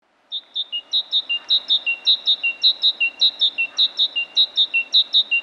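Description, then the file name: Great tit singing a clear, ringing phrase of high and lower notes, repeated rhythmically about twice a second from just after the start until the end. "Parus major"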